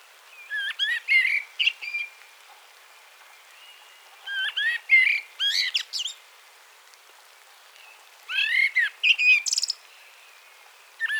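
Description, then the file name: Common blackbird delivering three unhurried song phrases, about four seconds apart, each of mellow whistles breaking into scratchy high notes, with a fourth phrase just starting at the end. "Turdus merula"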